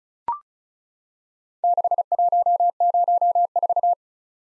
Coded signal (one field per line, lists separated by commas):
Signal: Morse code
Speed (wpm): 36 wpm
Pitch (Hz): 700 Hz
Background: none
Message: 6104